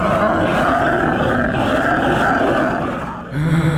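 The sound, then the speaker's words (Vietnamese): A creature's eerie, monstrous scream roars out loud and unbroken for about three seconds, harsh and raspy with layered howling tones, then dips briefly before a deeper growl surges back at the end. “Bỗng nó thét lên.”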